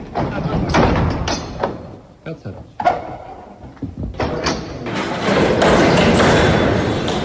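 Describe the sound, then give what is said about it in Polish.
The heavy gates of the Basilica of the Holy Sepulchre grind and slam shut as they are closed for the Easter Triduum, a series of booming thuds and scraping knocks, then a long, loud rumbling wash of sound, with faint indistinct voices of gathered monks underneath. “Przyznam szczerze, że ten huk zamykanych wrót, posłuchajmy.”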